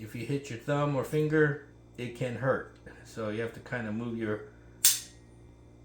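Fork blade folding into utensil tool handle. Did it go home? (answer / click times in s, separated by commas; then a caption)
yes / 4.9 s. Someone talks as the metal fork/spoon blade of an Ozark 7 in 1 Utensil Tool, a multi-utensil camping tool, is folded back into the handle. At 4.9 s it snaps shut under spring tension with one sharp, loud click, seating closed, hard enough to hurt a thumb or finger in the way.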